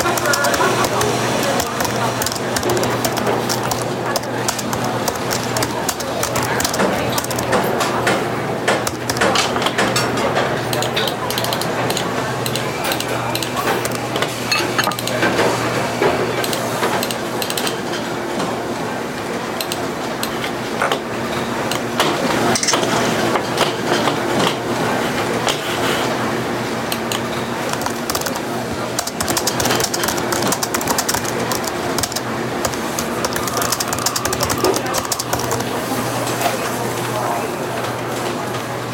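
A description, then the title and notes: Café sounds: a continuous bed of soft chatter with dishes clattering in frequent short, sharp clinks throughout. A steady low hum runs underneath the whole time, and the overall level stays even from start to finish without any large swells or pauses. Cafe sounds.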